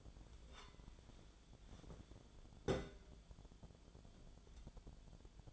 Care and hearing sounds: daily activity, microphone in the room; take from stove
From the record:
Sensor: 5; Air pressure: 1010.1 hPa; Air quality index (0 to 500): 146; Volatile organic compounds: 3 ppm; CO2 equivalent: 1432 ppm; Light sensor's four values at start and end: 261/634/271/298 and 255/620/265/292

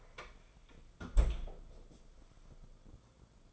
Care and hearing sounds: daily activity, microphone in the room; close fridge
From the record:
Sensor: 5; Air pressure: 994.5 hPa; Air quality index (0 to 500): 190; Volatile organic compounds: 1000 ppm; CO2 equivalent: 5582 ppm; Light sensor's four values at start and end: 49/146/57/64 and 48/145/57/63

